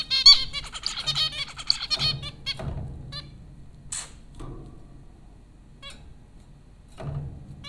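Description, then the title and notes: Zebra finch calls, a busy run of nasal beeps for about two seconds, then scattered single toots and a soft low hum. Zebra finches at Popcorn School, Flatbush, Brooklyn, New York, April 15, 2009. "Dronecast: The Popcorn Finches Four from Apr 15, 2009. Zebra finches recorded by Dan Bodah at Popcorn School, Flatbush, Brooklyn NY in April 2009"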